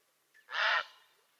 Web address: naszenadlesnictwo prace Czapla Siwa